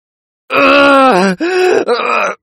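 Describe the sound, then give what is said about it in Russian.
A wounded man, pierced through the leg with a sword, groans loudly in pain while grabbing the blade and trying to pull it out: a long strained cry that dips in pitch, breaks off, then returns in two shorter anguished bursts. “Орёт раненый, хватаясь руками за лезвие и пытаясь его выдернуть.”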